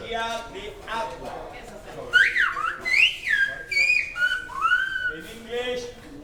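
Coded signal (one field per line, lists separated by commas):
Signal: whistled language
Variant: Silbo Gomero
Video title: Silbo Gomero - гомерский свист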